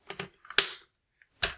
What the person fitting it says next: there snaps into place